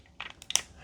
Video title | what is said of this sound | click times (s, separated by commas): Febreze Bathroom Air Freshener REVIEW How to Activate Scent, How To Make It Work | right, it's a really small click. | 0.6 s